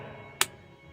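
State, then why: Released. A dirty plastic push clip holding the rubber door seal to a 1998–2002 Honda Accord car door is pried down and gives a single sharp, bright click at 0.4 s over a quiet background. The click means the clip has released and is ready to come out.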